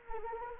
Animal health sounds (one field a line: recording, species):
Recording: mosquito wingbeat signal from an infrared sensor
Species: Anopheles arabiensis